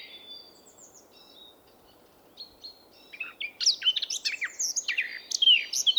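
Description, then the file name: Eurasian blackcap song: a few thin faint tones first, then from about three seconds a rapid, loud, chattering warble with sharp whistled notes. "Sylvia atricapilla"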